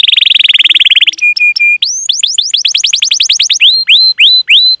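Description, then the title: Atlantic canary singing a rapid buzzy trill, then steady flat tinny notes, followed by a series of rising, slurred whistled notes. Canary singing energetically (gacor), with its best song phrasing (cengkok) and a rich fill-in repertoire (isian). "Kenari Gacor Cengkok Terbaik Isian Paling Mewah"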